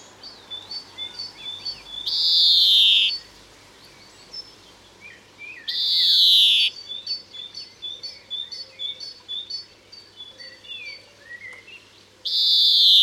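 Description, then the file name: European greenfinch giving long, buzzy wheezing notes, three spaced throughout, with softer high chirps and twitters between them. "Chloris chloris"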